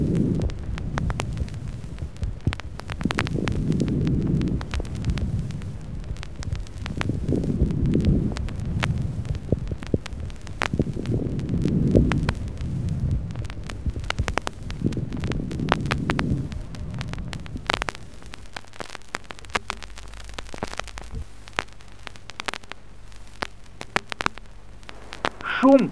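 Gentle pleural friction rub heard over an adult chest by stethoscope. Unlike crepitation, it is heard on both inspiration and expiration. Unlike fine moist rales, it does not change with coughing.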